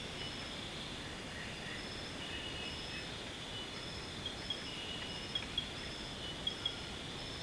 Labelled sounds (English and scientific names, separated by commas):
none